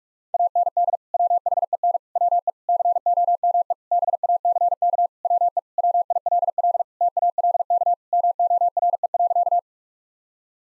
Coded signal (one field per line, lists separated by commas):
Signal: Morse code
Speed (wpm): 46 wpm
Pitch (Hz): 700 Hz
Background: none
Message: AND WHEN WE COME BACK WE WILL TALK MORE.